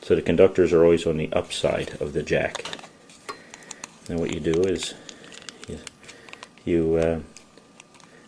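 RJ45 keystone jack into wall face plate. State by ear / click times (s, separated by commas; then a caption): seated / 7.8 s. Someone talks while a Cat5e RJ45 keystone jack is pushed into a plastic wall face plate. A few faint ticks sound around 3.5 to 3.8 seconds. The jack seats with a sharp snap at 7.8 seconds.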